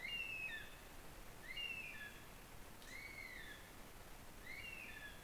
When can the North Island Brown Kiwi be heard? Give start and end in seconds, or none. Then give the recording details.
0.00-5.23. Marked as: faintness 2/5. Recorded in New Zealand on 13 December 2015. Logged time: 21:44. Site CL72